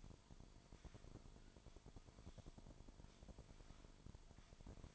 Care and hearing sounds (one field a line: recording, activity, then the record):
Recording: daily activity, microphone in the room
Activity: sweep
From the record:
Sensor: 5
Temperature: 24.7 degrees Celsius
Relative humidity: 41.5%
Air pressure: 1003.2 hPa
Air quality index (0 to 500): 131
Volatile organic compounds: 1 ppm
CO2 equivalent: 963 ppm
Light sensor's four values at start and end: 53/126/53/59 and 53/126/53/59